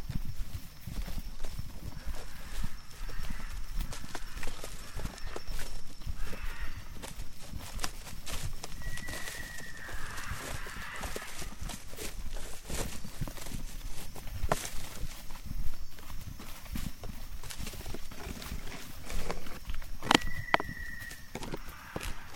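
A hike through the Tambopata rainforest in Peru, with steady, regular footfalls and crunching rustles running the whole way over a low rumble. A brief whistled call sounds around nine seconds and again near twenty seconds.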